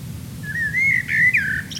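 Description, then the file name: Common blackbird song: one smooth, flute-like warbled phrase, rising slightly then dropping, followed by a brief high twitter. "Turdus merula"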